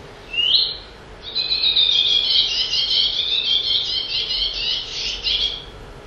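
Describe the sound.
Common whitethroat song: a short note, then a fast, scratchy, chattering warble lasting several seconds.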